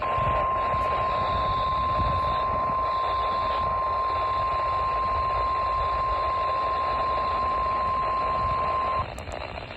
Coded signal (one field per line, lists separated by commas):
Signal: Emergency Alert System (SAME) tones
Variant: 1050 Hz attention tone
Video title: ABSOLUTE INSANITY 7: SPRING BREAK INSANITY - EAS Alerts From 3/18/24 - 3/23/24 (EAS #1501-1562)